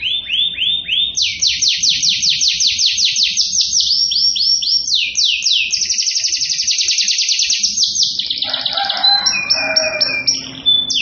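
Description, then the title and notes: Canary delivering a long continuous song of fast trills and buzzy rolls, finishing with scattered chirps and lower notes. Master canary song (kenari masteran), described as solid (mantap). "Suara Burung Kenari Masteran. master suara burung kenari mantap"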